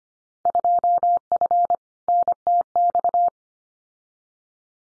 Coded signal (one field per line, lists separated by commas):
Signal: Morse code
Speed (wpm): 25 wpm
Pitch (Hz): 700 Hz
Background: none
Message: 2F NTX